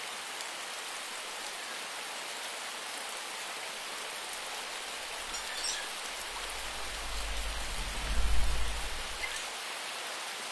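Steady rain hisses evenly across the rainforest, dense and bright, with a low rumble swelling briefly around eight seconds before settling back.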